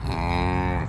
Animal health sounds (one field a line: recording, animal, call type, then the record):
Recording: contact call of a hoofed animal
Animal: cattle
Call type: low-frequency (closed-mouth) or high-frequency (open-mouth) call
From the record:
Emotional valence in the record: negative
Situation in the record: full separation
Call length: 0.88 s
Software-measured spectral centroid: 1740 Hz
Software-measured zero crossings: 1070 a second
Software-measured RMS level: -24 dBFS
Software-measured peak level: -11 dBFS